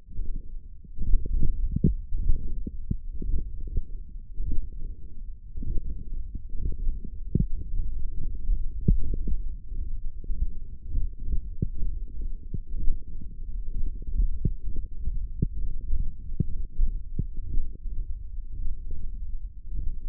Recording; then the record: forearm muscle sounds (acoustic myography)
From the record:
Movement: hand closing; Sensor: system 1, eight BSWA MPA416 microphones around the upper forearm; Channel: 5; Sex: male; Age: 23 years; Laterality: right